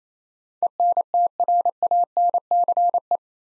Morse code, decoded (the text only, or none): ENTRANCE